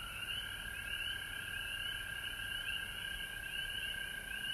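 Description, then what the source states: Frog chorus, many callers blending into a steady buzzy trill over a constant high-pitched hiss. Recorded at home in Georgia on March 19, 2020.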